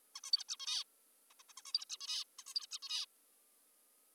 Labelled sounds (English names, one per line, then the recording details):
Zebra Finch
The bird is an adult
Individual g19o3U